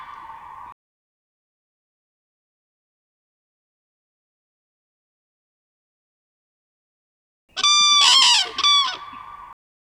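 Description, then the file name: Common crane trumpeting: a brief end of a call at the start, long silence, then a loud burst of harsh, ringing bugled notes near the end. Played back. "Trane"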